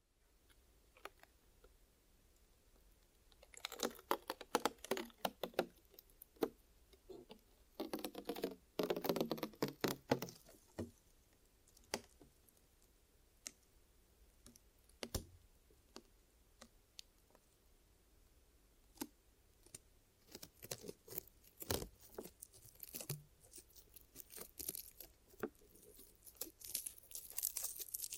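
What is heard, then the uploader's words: Close rubbing, tapping and scratching of ear massage and cleaning, with dense bursts around four to ten seconds and scattered clicks afterward. ASMR Sleepy Glue Ear Massage and Cleaning (No Talking).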